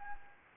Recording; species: mosquito wingbeat signal from an infrared sensor; Anopheles gambiae